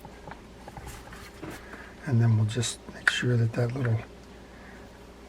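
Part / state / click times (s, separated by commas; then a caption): small reel part into star adjuster hole / not seated / none. During reassembly of a Penn Squall 40LD lever-drag saltwater fishing reel being serviced, a small side plate part is handled and lined up with the hole in the star adjuster. Someone talks over faint light handling ticks near 0.3, 0.7 and 0.8 seconds. Nothing has seated or snapped in yet.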